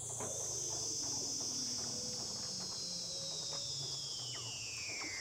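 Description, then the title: Weddell seal underwater calls: a high whistle drifting slowly downward over a hiss of clicks, with faint low tones beneath. "Douglas Quin - Weddell Seals (Underwater)"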